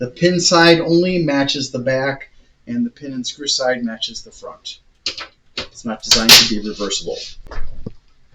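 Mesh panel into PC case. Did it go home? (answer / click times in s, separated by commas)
no / none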